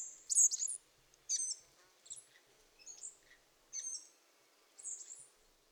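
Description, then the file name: Spotted flycatcher calling, high sharp squeaks in small bursts about once a second over a faint background hiss. "szurke legykapo hangja"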